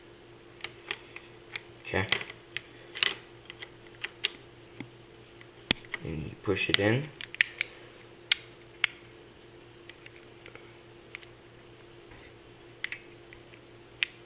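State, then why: Not seated. While an airsoft Glock pistol is reassembled, a plastic internal part near the hop-up unit is pushed into the frame and barrel assembly, making light handling rustles and several sharp plastic clicks as someone talks. The part has not locked into place yet; nothing has seated or clicked home by the end of the clip.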